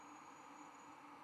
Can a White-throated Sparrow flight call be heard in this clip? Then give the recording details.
no. No flight call is heard. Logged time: 03:14 on 11 November 2014